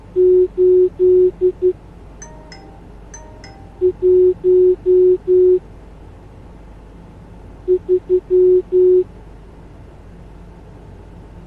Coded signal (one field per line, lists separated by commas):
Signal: Morse code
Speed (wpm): 11 wpm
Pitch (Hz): 370 Hz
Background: none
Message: 8 1 3